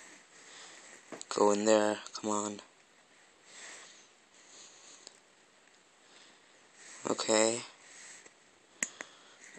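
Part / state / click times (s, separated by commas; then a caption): detachable cable plug into headphone earcup socket / seated / 8.8 s. A detachable cable plug on a pair of Sennheiser HD 428 headphones is pushed one-handed into the earcup socket after some struggle, while someone talks in short bursts between quiet handling noises. A sharp snap at 8.8 seconds marks the plug seating, leaving the cable fully connected.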